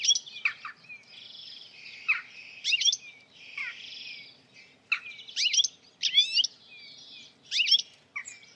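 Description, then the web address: Bird calls: sharp, steeply falling chirps in quick bursts, mixed with thin buzzy notes and short trills, coming in clusters every second or two. "Deverinetal. Bird Only"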